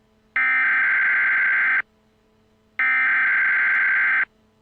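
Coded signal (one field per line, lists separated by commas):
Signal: Emergency Alert System (SAME) tones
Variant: header bursts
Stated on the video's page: Fictional EAS scenario about aliens coming to Earth.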